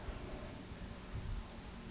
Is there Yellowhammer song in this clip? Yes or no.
no